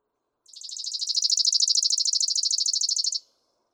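Chipping Sparrow singing a rapid mechanical trill of high chips lasting nearly three seconds, swelling in volume at the start and then holding steady.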